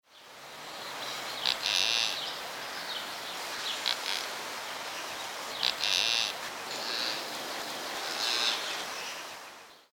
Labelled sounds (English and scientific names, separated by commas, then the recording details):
Lechwe (Kobus leche)
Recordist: Tembrock, Günter
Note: Rufe eines Weibchens